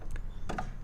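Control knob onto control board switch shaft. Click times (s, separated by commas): 0.5 s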